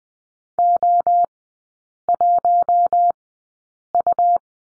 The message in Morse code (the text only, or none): O1U